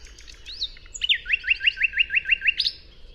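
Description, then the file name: Common nightingale song: a rising whistle, then a rapid series of about ten repeated descending notes at a steady rhythm, ending in a sharp high flourish. "Luscinia megarhynchos"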